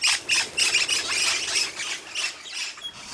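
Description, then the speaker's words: Crimson rosella giving a rapid series of harsh squawking notes. Call described as chiming. "I love the sound of chiming crimson rosellas. Ah, it's my favourite."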